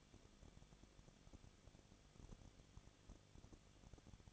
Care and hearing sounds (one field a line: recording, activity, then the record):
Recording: daily activity, microphone in the room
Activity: no activity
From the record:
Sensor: 4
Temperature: 23.1 degrees Celsius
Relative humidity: 34.0%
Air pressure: 1007.2 hPa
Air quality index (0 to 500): 216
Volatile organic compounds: 15 ppm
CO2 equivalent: 2500 ppm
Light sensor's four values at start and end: 2/3/1/1 and 2/3/1/1